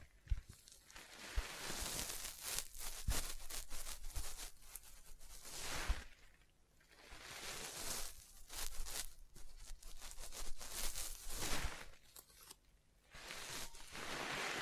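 Dry scratching and tracing strokes come in waves, each building to a bright, hissy peak and then fading, at about 2, 5, 8, 10 and 14 seconds. Occasional sharp taps stand out, and quiet gaps near 6.5 and 12.5 seconds separate the bursts.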